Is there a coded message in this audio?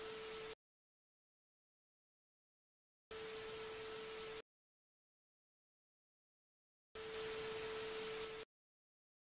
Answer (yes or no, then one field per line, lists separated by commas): no